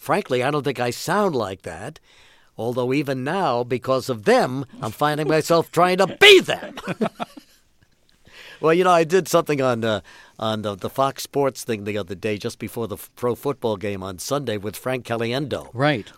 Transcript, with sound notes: Frankly, I don't think I sound like that, although, even now, because of them, I'm finding myself trying to be that.
(SOUNDBITE OF LAUGHTER)
Well, you know, I did something on the Fox Sports thing the other day just before the pro football game on Sunday with Frank Caliendo...
Right.